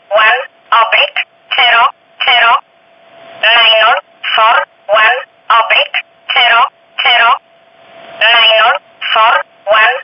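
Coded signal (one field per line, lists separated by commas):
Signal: numbers station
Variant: E11, English voice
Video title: 19 06 2019 E11 Oblique Numbers station in English 0640 on 15800 unknown tx site in USB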